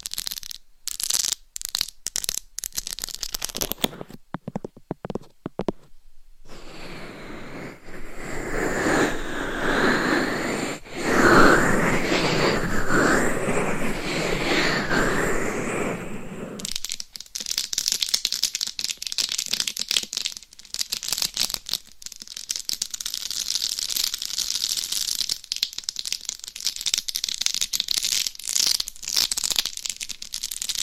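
Binaural dummy head mic scratching and tapping: crisp bursts of scratching and taps, then a dense rubbing, crinkling stretch from seven to sixteen seconds.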